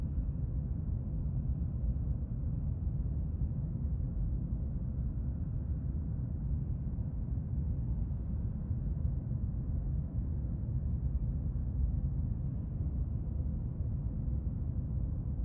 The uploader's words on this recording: AIRPLANE CABIN SOUNDS - REST & RELAXATION WHITE NOISE.